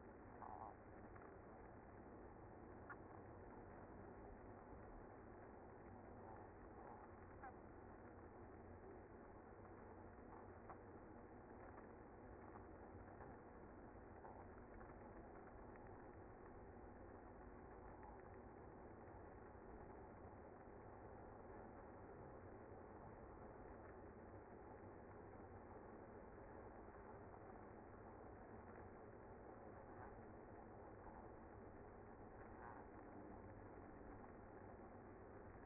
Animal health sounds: honeybee colony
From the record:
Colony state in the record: active

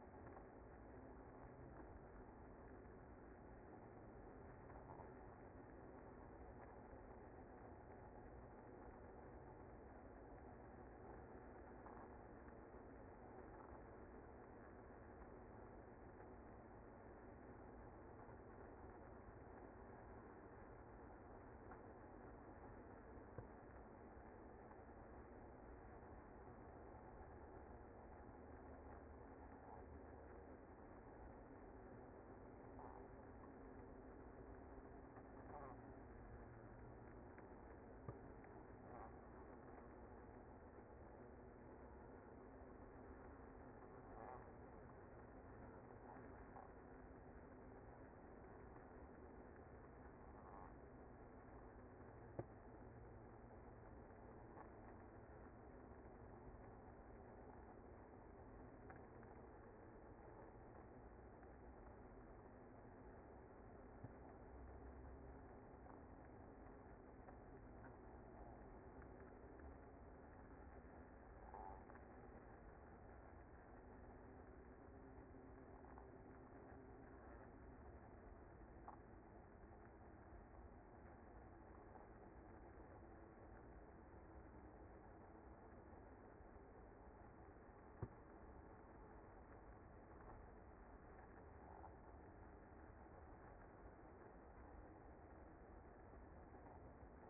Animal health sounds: honeybee colony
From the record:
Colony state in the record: active

